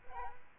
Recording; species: mosquito wingbeat signal from an infrared sensor; Aedes albopictus